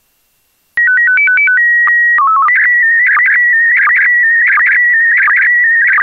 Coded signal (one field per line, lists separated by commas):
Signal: SSTV (slow-scan television)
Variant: PD 90